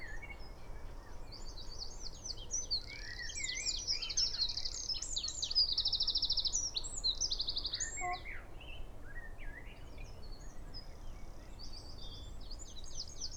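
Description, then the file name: Eurasian wren song: a loud cascade of fast high trills and chips building over several seconds, then softer scattered phrases, over low background noise. "Troglodytes troglodytes"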